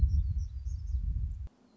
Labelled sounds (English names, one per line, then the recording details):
Black-throated Gray Warbler
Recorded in Sonoma County, California